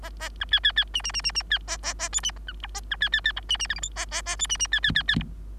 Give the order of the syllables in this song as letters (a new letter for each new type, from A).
A A B C C C D D D D D C A A A E D F A B C C C F D D G H I A A A E D D C C C C F